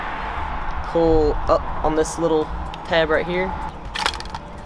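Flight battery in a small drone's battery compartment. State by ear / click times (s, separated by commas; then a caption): released / 4.1 s, 4.2 s, 4.4 s. Someone talks while pulling up on the plastic tab that holds the flight battery in the battery bay of a small DJI Mavic Mini drone. Sharp clicks at 4.1, 4.2 and 4.4 seconds are heard as the battery pops out and is released.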